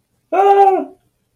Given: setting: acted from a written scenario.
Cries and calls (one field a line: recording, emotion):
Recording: vocal sound without words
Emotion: fear